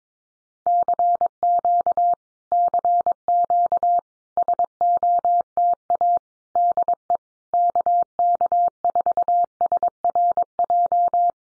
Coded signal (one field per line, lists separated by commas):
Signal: Morse code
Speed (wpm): 22 wpm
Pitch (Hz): 700 Hz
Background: none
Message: CQ CQ SOTA DE KK4SRJ